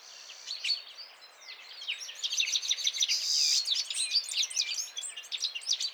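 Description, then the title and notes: Citril finch song beginning softly, then breaking into lively, overlapping twitters and warbled chirps from about two seconds on. Males singing in a gathered flock before females at end of winter, 17 March 2017, Vallon de Combeau, Drôme, France, mountains; recorded with Nagra Seven and Telinga P7. "Printemps de Venturon. Vallon de Combeau - Drôme"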